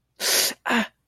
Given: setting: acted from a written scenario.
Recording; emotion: vocal sound without words; pain